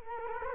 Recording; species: mosquito wingbeat signal from an infrared sensor; Culex quinquefasciatus